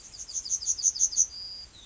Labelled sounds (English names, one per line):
Yellowhammer song